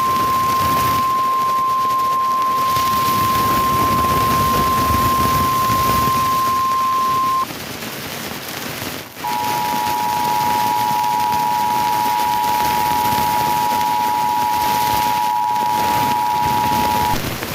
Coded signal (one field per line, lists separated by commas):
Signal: Emergency Alert System (SAME) tones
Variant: 853 and 960 Hz attention tone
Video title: Eas Alert #18 (VPTV-dt3) FIRE WARNING